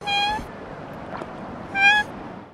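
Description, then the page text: Dusky moorhen giving two loud, nasal, harmonic call notes about one and three-quarter seconds apart over a soft background hiss. Australia. "Bird Dusky Moorhen Call. Australian Birds"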